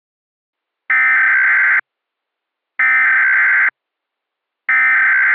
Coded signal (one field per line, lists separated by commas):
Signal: Emergency Alert System (SAME) tones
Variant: header bursts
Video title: THE CHRISTMAS STAR (EAS)